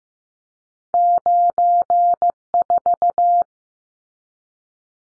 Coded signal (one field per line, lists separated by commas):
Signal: Morse code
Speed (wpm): 15 wpm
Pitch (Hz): 700 Hz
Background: none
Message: 94